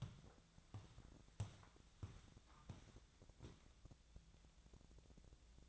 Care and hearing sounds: daily activity, microphone in the room; walk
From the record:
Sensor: 3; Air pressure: 1012.2 hPa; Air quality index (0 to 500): 184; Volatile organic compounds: 3 ppm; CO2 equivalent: 1404 ppm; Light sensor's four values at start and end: 50/134/58/60 and 61/151/69/74

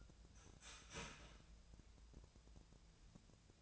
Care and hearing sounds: daily activity, microphone in the room; start toaster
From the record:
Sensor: 2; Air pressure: 1000.0 hPa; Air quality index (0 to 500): 153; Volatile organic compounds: 2 ppm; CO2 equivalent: 1290 ppm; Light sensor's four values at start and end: 25/63/26/29 and 25/62/26/29

